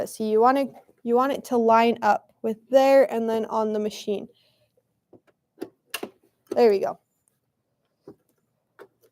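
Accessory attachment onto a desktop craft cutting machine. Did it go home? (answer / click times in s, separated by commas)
no / none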